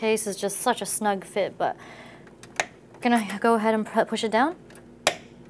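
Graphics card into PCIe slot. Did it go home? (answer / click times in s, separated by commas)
yes / 5.1 s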